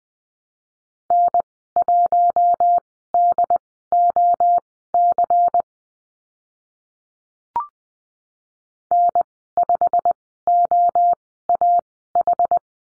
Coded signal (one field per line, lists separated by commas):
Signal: Morse code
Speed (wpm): 20 wpm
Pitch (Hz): 700 Hz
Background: none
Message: N1DOC N5OAH